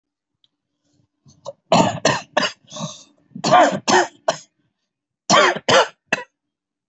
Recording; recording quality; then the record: shallow voluntary cough; excellent, no background noise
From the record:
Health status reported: healthy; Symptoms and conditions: none ticked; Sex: male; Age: 27 years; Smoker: yes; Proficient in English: no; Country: India